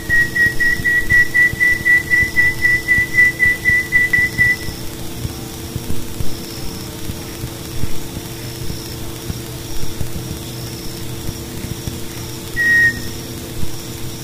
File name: canto do uirapuru veado